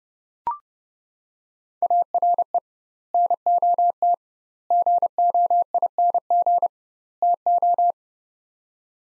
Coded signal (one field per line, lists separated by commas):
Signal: Morse code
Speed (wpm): 30 wpm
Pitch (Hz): 700 Hz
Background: none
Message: ARE NOT GOING TO